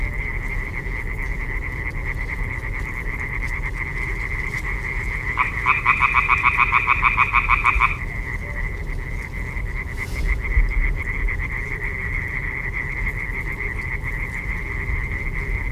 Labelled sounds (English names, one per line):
Common Tree Frog call